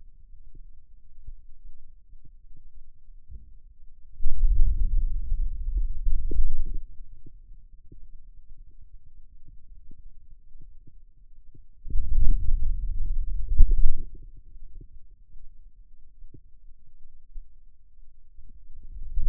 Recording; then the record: forearm muscle sounds (acoustic myography)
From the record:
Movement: wrist extension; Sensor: system 2, bracelet of six BSWA MPA416 microphones around the upper forearm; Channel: 2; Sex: male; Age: 22 years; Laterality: right